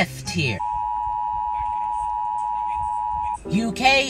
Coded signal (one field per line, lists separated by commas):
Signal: Emergency Alert System (SAME) tones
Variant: 853 and 960 Hz attention tone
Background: speech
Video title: Rating eas alarms part 2!